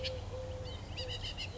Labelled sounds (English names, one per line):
Eurasian Collared Dove